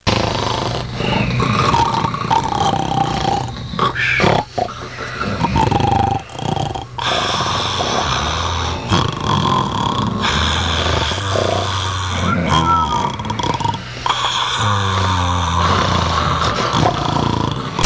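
Loud, rough, low-pitched snoring from a group of adults runs almost without pause, with overlapping snorts and rumbles from several sleepers snoring at once. The breathing cycles overlap, so no single regular breath rate stands out.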